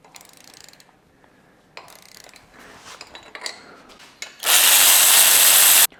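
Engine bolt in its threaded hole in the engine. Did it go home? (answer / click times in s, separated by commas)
no / 4.2 s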